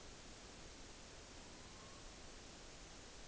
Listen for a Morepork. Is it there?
yes